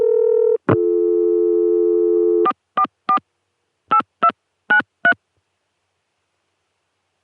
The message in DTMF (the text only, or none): 444 8293